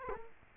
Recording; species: mosquito wingbeat signal from an infrared sensor; Culex quinquefasciatus